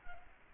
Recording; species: mosquito wingbeat signal from an infrared sensor; Culex quinquefasciatus